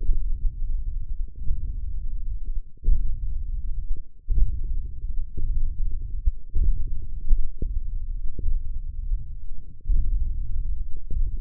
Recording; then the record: forearm muscle sounds (acoustic myography)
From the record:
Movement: hand opening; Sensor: system 1, eight BSWA MPA416 microphones around the upper forearm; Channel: 6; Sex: male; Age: 20 years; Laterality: left